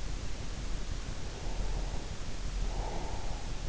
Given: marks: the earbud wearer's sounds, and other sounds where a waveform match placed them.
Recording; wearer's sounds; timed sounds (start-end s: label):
sounds in sleep by an in-ear microphone; breath
1.25-3.36 s: breath